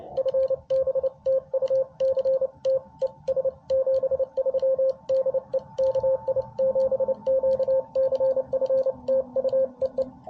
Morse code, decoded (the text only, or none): FB TU CT ES 73 DE KI7QCF TU EE